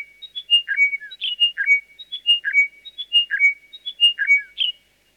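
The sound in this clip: Chiming wedgebill giving repeated cascading phrases of pure whistled notes, each dropping in pitch, cycling roughly once a second before stopping.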